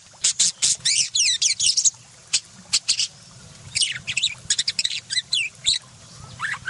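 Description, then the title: Budgerigar chatter: quick volleys of sharp high clicks and chirps, a fast warbled run of wavering notes, and a short rising whistle near the end. Parakeet, loud and clear chattering song with harsh burst fill phrases; one-hour tutor recording suited to training magpie-robins. "Masteran Burung Parkit Gacor Jernih Durasi Panjang 1 Jam Full Isian Tembakan Kasar Cocok Buat Kacer"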